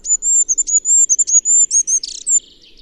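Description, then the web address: Bird, high thin calls: a string of sharp whistled notes near one pitch, then a buzzy rattled burst and fading twitters at the end. "Bird Only"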